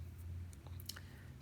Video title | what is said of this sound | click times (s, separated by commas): Bakugan Battle Planet: Wave 5 Battle Packs Unboxing! | wings and fold them in like so and they snap into place so | 0.9 s